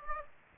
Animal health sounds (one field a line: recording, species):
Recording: mosquito wingbeat signal from an infrared sensor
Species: Aedes aegypti